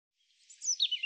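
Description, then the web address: European robin: a brief snatch of high, thin warbling song that swells and slides downward in a few quick notes. "cianscape birddata Deverinetal 2025 Bird Er Ru"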